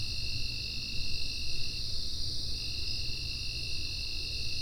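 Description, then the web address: Insects: continuous shrill drone, with a lower steady tone for most of the first two seconds and again later, over deep rumble. "Soundfx IV General Insects"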